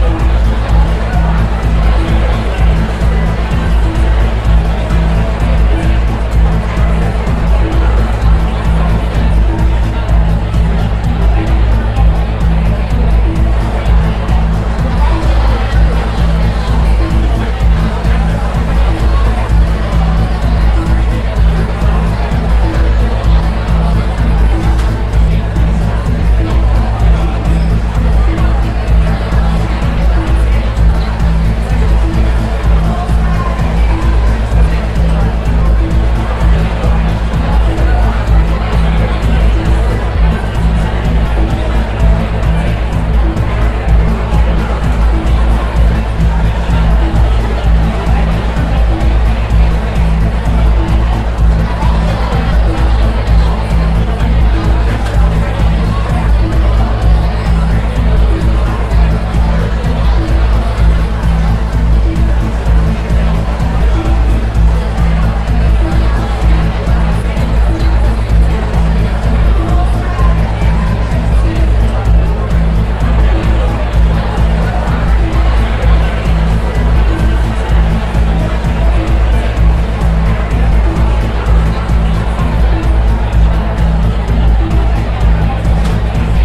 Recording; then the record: background sound without coughing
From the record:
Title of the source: Party Noise 1 Hour Party Ambience